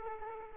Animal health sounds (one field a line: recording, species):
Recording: mosquito wingbeat signal from an infrared sensor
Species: Aedes aegypti